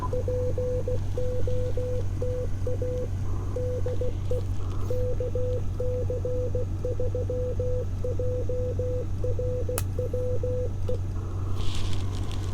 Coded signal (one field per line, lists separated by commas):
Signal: Morse code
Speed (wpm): 16 wpm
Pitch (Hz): 500 Hz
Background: none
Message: POTA DE KC3JRW E